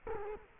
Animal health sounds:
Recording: mosquito wingbeat signal from an infrared sensor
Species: Culex quinquefasciatus

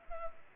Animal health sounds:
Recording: mosquito wingbeat signal from an infrared sensor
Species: Culex pipiens

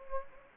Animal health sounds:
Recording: mosquito wingbeat signal from an infrared sensor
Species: Anopheles gambiae

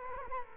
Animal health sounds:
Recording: mosquito wingbeat signal from an infrared sensor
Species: Culex quinquefasciatus

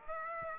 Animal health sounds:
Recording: mosquito wingbeat signal from an infrared sensor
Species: Aedes aegypti

